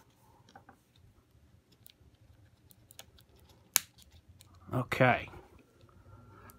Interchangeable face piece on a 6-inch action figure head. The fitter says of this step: so if you heard that snap you'll know it's